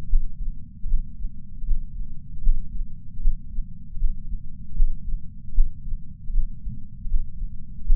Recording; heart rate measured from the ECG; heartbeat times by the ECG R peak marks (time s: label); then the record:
heart sounds by patch sensor on the chest; 77 bpm
0.09 s: heartbeat
0.88 s: heartbeat
1.66 s: heartbeat
2.43 s: heartbeat
3.22 s: heartbeat
3.99 s: heartbeat
4.76 s: heartbeat
5.54 s: heartbeat
6.32 s: heartbeat
7.09 s: heartbeat
7.86 s: heartbeat
From the record:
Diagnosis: coronary artery disease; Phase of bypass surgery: postoperative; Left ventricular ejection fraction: 54.7%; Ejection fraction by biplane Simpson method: 53.9%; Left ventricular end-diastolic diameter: 46 mm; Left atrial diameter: 34 mm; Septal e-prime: 6.6 cm/s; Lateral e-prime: 6.8 cm/s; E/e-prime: 16.6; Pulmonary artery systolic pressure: 36 mmHg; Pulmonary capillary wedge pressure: 11 mmHg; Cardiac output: 4.5 L/min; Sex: male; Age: 74 years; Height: 175 cm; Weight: 66 kg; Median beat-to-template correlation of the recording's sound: 0.84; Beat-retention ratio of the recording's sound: 0.98